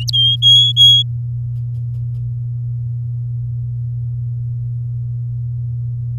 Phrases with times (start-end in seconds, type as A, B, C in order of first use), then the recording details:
0.13-1.03 A. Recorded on 10 May 2018 at 07:25. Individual llb16